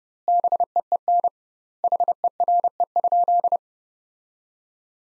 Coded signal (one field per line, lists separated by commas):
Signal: Morse code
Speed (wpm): 30 wpm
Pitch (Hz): 700 Hz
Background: none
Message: BEEN HERE?